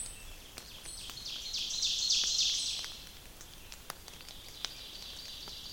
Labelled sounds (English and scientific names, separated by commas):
Ovenbird (Seiurus aurocapilla) song